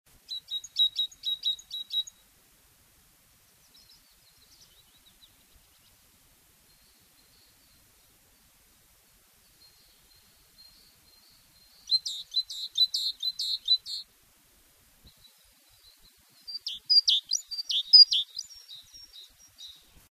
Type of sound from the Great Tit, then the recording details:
song. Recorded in the wild. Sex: male. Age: adult. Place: Erlangen, Bayern, DE. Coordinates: 49.6019, 10.9581. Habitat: pond. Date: 1965-05-01. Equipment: Vollspur. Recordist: Tretzel, Erwin. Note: Neuweiher: Kohlmeise: "bi bi - bi bi"; "zitä" und arythmischer Reviergesang